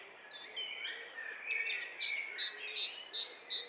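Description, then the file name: Great tit calls enter halfway: five ringing high paired notes in steady rhythm, after softer twittering. "Parus major"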